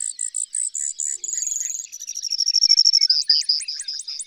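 Bird song of quick bright chirps leading into a thin buzzy trill, then a run of rising slurred notes repeated several times a second.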